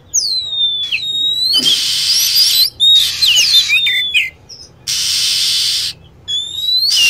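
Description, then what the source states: Lovebird piercing chirps sweeping downward, a busy chattering stretch in the middle, with broad hissing noise bursts around them. Lure sound played to attract lovebirds.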